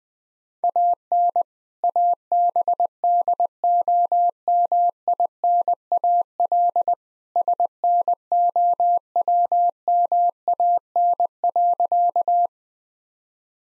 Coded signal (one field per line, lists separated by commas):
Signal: Morse code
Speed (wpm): 20 wpm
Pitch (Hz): 700 Hz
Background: none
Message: AN ABDOMINAL SNOWMAN.